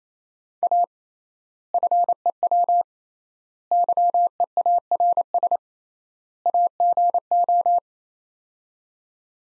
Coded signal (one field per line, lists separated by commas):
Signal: Morse code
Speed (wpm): 28 wpm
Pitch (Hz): 700 Hz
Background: none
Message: A FEW YEARS AGO